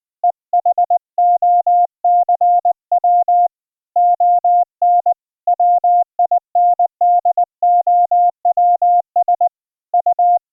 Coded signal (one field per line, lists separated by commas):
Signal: Morse code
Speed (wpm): 20 wpm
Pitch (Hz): 710 Hz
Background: none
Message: EHOCW ON WINDOWS U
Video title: iambic paddles hooked up to a Teensy LC board for keying CW with ehoCW on a Windows 10 desktop